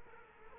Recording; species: mosquito wingbeat signal from an infrared sensor; Culex quinquefasciatus